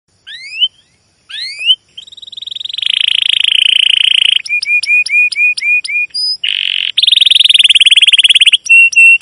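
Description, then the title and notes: Domestic canary song: two rising chirps, a long buzzy trill, repeated clipped notes, then further rattling trills and sharp whistled pips in quick succession. Long chirping song used as a lure to train other canaries, especially young birds learning their sound. "CUIT CUIT NGEROL LANGSUNG GACOR PANJANG Kenari Ini AMPUH Utk Pancingan KENAR. PANCINGAN Kenari GACOR PANJANG Cuit CUIT EMOSI ini AMPUH utk MASTERAN Kenari PAUD belajar BUNYI. burung kenari"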